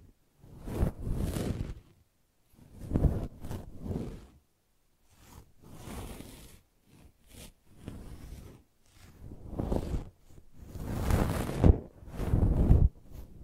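Brushing and scratching come in separate strokes, each lasting about half a second to a second and a half, with short silent gaps between them. The strokes are rough and full, strongest in the low end, and the loudest ones arrive around the eleven-to-thirteen-second mark.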